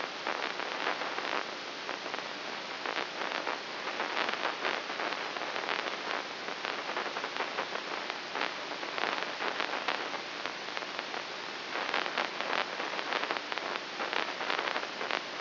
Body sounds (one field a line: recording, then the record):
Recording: brain microelectrode recording played as sound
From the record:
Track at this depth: inside the subthalamic nucleus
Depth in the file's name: 1.405 mm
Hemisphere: right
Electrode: 3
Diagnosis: Parkinson's disease